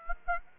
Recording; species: mosquito wingbeat signal from an infrared sensor; Aedes aegypti